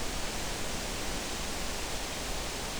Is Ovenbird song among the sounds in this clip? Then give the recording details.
no. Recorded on 23 June 2016 at 08:20. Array SBT-6-76